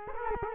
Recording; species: mosquito wingbeat signal from an infrared sensor; Culex quinquefasciatus